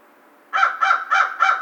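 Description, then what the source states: American crow producing four grating caws in an even series, each separated by roughly a third of a second. Recorded 2 March 2010.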